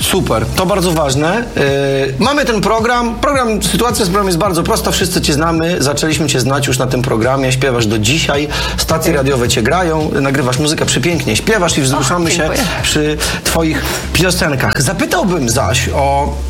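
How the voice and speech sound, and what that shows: A man speaks fluent, clear Polish at an even pace over steady background music, with typical speech.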